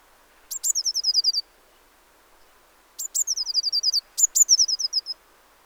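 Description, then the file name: Eurasian blue tit giving high, thin calls: sharp downward notes followed by rapid buzzy trills, in three bursts of about a second each. "Cyanistes caeruleus"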